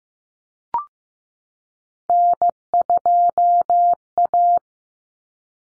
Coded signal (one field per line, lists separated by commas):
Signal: Morse code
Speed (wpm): 15 wpm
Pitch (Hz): 700 Hz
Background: none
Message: N2A